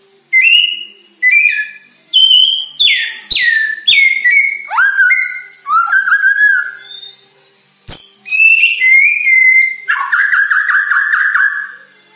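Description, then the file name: White-rumped shama song in a quick series of short bright whistled phrases, many sliding downward, closing with a buzzy trill. Borneo; lure recording used to make birds sing actively ('gacor'). "Sara Pancingan Murai Batu Borneo Agar Gacor Dor"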